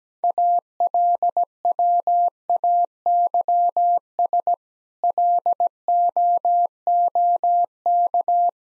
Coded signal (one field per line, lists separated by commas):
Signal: Morse code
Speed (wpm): 17 wpm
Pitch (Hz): 700 Hz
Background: none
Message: ALWAYS LOOK